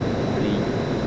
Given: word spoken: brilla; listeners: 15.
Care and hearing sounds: one Spanish word in noise, from a listening test; speech-shaped noise; -6.1 dB; 0 of 15; 7 of 15; 0.67 s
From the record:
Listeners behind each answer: 7, 2, 1, 1, 1, 1, 1, 1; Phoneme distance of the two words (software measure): 27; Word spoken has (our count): 2 syllables, 5 phonemes, stress on syllable 1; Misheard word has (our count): 1 syllable, 4 phonemes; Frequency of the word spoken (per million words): 4.88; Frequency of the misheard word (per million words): 0.17

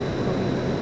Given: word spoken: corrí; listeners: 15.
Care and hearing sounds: one Spanish word in noise, from a listening test; speech-shaped noise; -6.1 dB; 0 of 15; 8 of 15; 0.42 s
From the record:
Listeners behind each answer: 8, 1, 1, 1, 1, 1, 1, 1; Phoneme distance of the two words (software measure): 24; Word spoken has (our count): 2 syllables, 4 phonemes, stress on syllable 2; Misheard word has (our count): 3 syllables, 6 phonemes, stress on syllable 2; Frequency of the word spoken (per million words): 2.72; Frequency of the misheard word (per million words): 65.39

